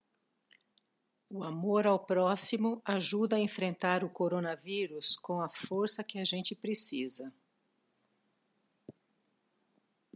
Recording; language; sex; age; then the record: spoken sentence; Brazilian Portuguese; female; 60 to 69 years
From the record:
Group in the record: control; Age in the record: 62 years